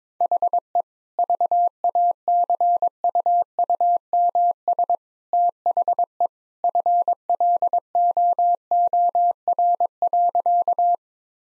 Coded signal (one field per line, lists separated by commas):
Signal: Morse code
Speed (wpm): 22 wpm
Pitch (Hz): 700 Hz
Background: none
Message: HE VACUUMS THE FLOOR.